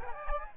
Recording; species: mosquito wingbeat signal from an infrared sensor; Aedes aegypti